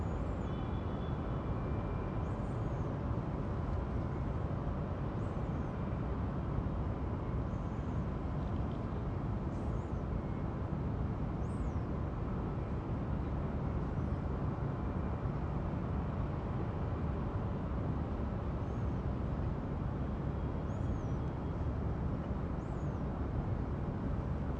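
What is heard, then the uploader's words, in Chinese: Everyday sound from atop a large dome roof: a dense, steady low roar of traffic fills the whole stretch without letting up. Faint high chirps, likely birds, appear every few seconds above the constant rumble. 日常音EP2巨蛋穹頂。來自巨蛋屋頂的日常音。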